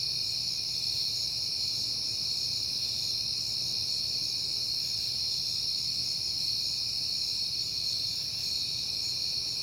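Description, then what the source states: Crickets produce a steady, ringing high chorus of overlapping trills, joined by a soft constant low hum. Crickets on a peaceful night in September.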